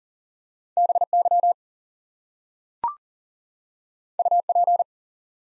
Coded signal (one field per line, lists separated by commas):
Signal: Morse code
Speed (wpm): 40 wpm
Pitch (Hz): 700 Hz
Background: none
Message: BY UP